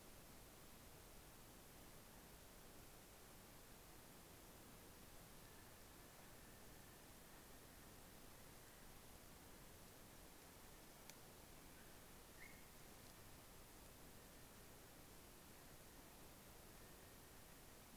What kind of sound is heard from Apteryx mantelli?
male call